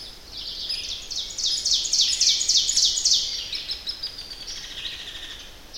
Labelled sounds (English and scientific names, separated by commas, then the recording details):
Ovenbird (Seiurus aurocapilla) song
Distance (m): 20 m
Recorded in boreal forest in Alberta, Canada, on 10 June 2016 at 08:19
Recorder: SongMeter 3, array SBT-3-39
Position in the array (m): 234 m, 147 m
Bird 17